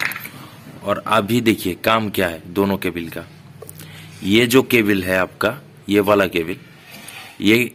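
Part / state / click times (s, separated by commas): plastic cover lock into the motorcycle throttle housing / seated / 0.0 s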